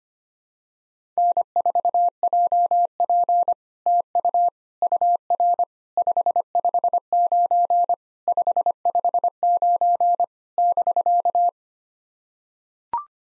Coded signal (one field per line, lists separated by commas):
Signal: Morse code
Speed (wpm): 25 wpm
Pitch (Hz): 700 Hz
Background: none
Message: N4JP TU UR 559 559 <BK>